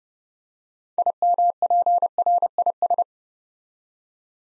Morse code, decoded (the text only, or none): IMPRIS